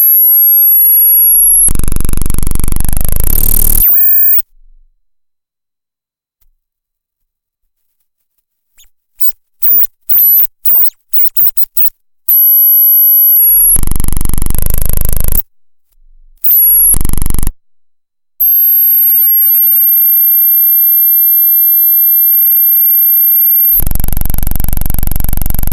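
Harsh electronic squalls and buzzes come in loud blocks separated by dead silence, around 2–4 s, 13–15 s, 16–17 s and from 24 s on. Between them, thin high whistles and chirping pulses flicker briefly near 9–12 s, and a steady piercing tone holds from 18 to 24 s.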